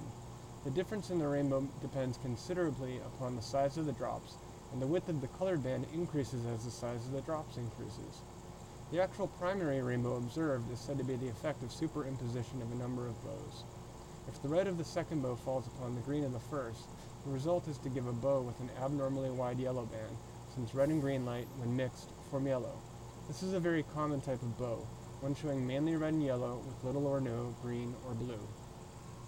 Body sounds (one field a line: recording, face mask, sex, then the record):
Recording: reading aloud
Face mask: surgical mask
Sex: male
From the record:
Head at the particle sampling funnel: tilted up or above it, chin in front of it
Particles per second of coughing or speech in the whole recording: 0.143